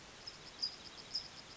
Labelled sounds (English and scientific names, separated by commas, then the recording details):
California Towhee (Melozone crissalis)
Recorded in Sonoma County, California